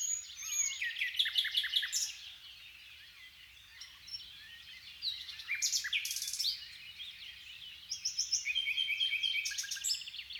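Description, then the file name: Common nightingale delivering varied song phrases: chattering notes and fast rattling trills, broken by brief quieter pauses. "Luscinia megarhynchos"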